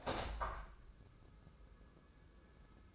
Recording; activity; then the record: daily activity, microphone in the room; open window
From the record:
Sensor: 2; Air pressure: 1004.6 hPa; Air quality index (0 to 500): 103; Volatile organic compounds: 2 ppm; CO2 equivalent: 1244 ppm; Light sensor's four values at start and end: 6/14/5/5 and 6/14/6/6